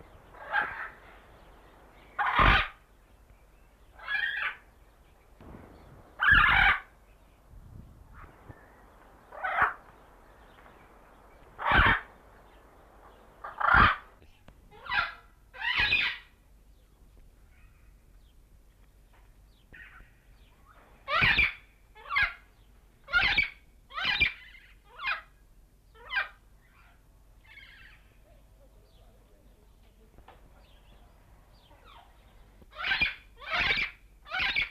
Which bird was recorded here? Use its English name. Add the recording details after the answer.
St. Lucia Amazon. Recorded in captivity. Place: Zoo Jersey, GB. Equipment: Halbspur, 9,5 cm/s. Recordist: Lütgens, Hans